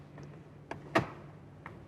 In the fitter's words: That will snap right in.